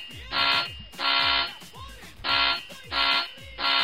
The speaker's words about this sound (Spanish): Solo falta que nos suene una alarma.